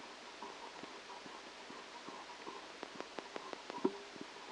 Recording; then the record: brain microelectrode recording played as sound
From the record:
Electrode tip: outside the subthalamic nucleus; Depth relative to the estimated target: -10 mm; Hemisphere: left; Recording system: NeuroSet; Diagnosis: Parkinson's disease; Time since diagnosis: 8 years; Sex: male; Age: 37 years